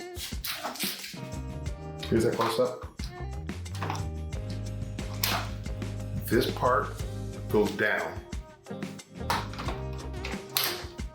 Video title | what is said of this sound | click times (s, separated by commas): How to setup Canon Pro 1100 | Here's a snap. | 10.6 s